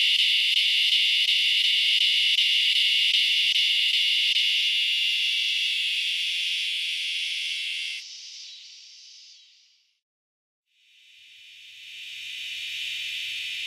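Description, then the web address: Northern dusk-singing cicada song, a loud, steady, pulsing buzz for about eight seconds that drops and fades to silence, then resumes more softly. North America. "Songs of Insects. Northern Dusk-singing Cicada"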